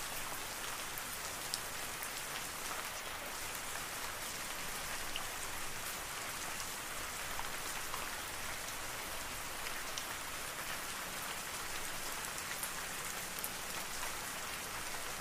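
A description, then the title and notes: Soft rainfall patters steadily and densely for the whole stretch, a fine hiss of countless small drops with no pauses or swells. The sound sits mostly in the brighter range, with a faint low rumble underneath and occasional slightly sharper drips standing out. Lite Rain Sounds. Soft Rainfall.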